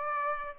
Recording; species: mosquito wingbeat signal from an infrared sensor; Aedes aegypti